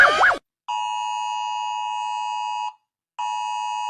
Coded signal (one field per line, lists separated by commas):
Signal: Emergency Alert System (SAME) tones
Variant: 853 and 960 Hz attention tone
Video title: Rating EAS alarms because I have nothing important to do in life right now